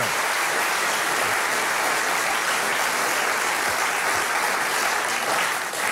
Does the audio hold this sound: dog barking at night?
no